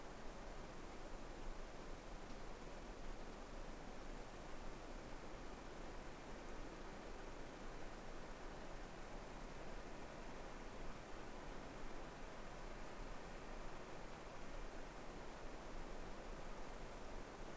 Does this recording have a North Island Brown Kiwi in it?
no